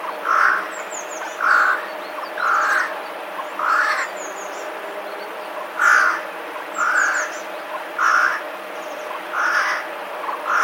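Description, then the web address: Eurasian jay alarm call: harsh, rasping screeches repeated about once a second, with faint high chirps from small birds above. Alarm call, recorded 28 January 2021. "wroblowe ostrzegator sojka 28 01 2021"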